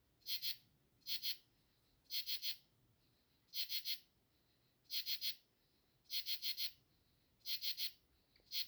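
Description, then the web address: Insect chirping, repeated bursts of two to four rapid high-pitched pulses recurring every second or so, steady and clear against quiet background. "Insect Set 459"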